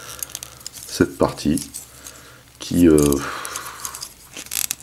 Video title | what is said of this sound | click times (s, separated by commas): SS-28 Barricade | se clipse pas vraiment fait un fou le savoir normalement | none